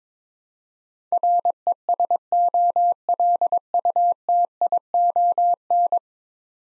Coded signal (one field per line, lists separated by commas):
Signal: Morse code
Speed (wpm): 22 wpm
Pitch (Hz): 700 Hz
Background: none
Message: RESOLUTION